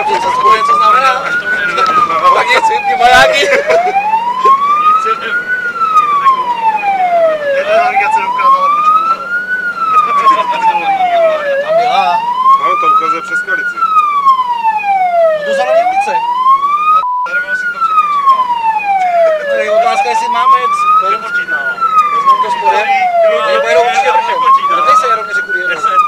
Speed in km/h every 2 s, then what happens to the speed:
49, 46, 45, 48, 50, 47, 40, 32, 30, 27, 26, 25, 31.
0-9 steady at about 48. 9-20 slows to 26. 22-26 speeds up to 31.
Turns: 10-17.